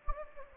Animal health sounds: mosquito wingbeat signal from an infrared sensor; Anopheles gambiae

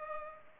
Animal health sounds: mosquito wingbeat signal from an infrared sensor; Culex pipiens

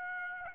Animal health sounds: mosquito wingbeat signal from an infrared sensor; Aedes aegypti

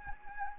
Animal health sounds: mosquito wingbeat signal from an infrared sensor; Anopheles gambiae

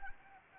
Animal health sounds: mosquito wingbeat signal from an infrared sensor; Anopheles arabiensis

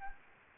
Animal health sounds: mosquito wingbeat signal from an infrared sensor; Anopheles gambiae

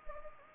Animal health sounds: mosquito wingbeat signal from an infrared sensor; Anopheles gambiae

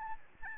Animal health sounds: mosquito wingbeat signal from an infrared sensor; Aedes albopictus

